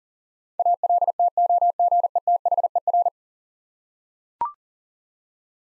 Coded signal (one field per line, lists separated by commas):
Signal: Morse code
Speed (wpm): 40 wpm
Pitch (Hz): 700 Hz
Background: none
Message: ALTOGETHER